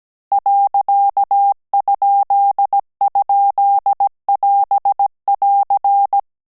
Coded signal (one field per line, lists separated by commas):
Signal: Morse code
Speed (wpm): 17 wpm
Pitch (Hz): 800 Hz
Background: none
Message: .??<AS><AR>